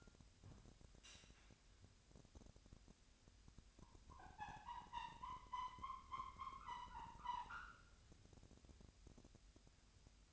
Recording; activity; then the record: daily activity, microphone in the room; wipe stove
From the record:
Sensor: 2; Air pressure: 1006.9 hPa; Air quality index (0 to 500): 198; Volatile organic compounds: 13 ppm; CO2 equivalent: 2426 ppm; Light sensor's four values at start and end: 9/23/9/10 and 9/23/9/10